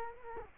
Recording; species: mosquito wingbeat signal from an infrared sensor; Culex quinquefasciatus